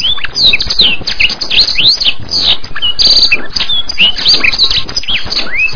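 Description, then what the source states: Bird song pours out continuously, a busy jumble of swooping whistles, sharp chips and rapid trills with hardly a pause. Masteran bird song used for training pet birds.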